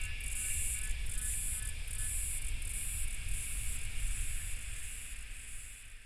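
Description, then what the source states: Cicadas buzz in a high, hissing chorus that swells in regular pulses over a steady lower drone and a deep rumble. Cicadas recorded during thunder.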